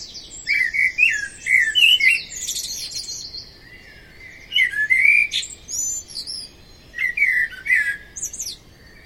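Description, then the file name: Common blackbird giving three separate song phrases, each a fluty, warbling start followed by a squeaky, high chattering tail, separated by brief pauses. "Amsel singt"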